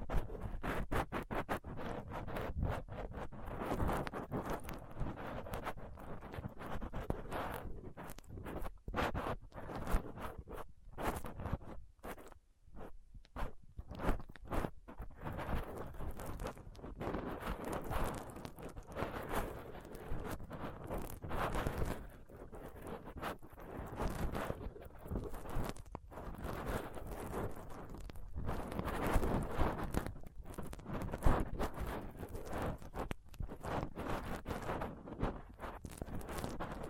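Rough scratching and picking at a microphone with small tools like a dental pick, tweezers and a cotton swab. Dense, rapid scrapes and clicks run almost nonstop, gritty and uneven, with a brief thinner stretch around twelve seconds before the scraping thickens again.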